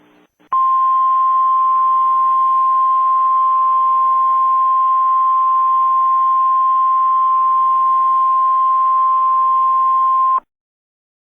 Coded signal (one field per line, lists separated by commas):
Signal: Emergency Alert System (SAME) tones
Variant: 1050 Hz attention tone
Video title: EAS Mock: PDS Severe Thunderstorm Watch for counties in DE/MD/NJ/PA